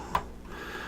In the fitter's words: Just like so till it clicks. And that's your graphics card completely installed.